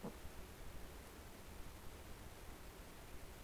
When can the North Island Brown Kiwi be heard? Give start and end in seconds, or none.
none